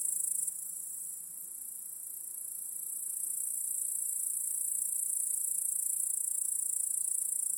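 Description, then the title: Crickets chirping in a steady, continuous high-pitched trill that holds without a break throughout, growing slightly louder toward the end. Crickets chorusing in a backyard at night. "Crickets in Your Backyard 🏡. Discovering the Sounds of Home"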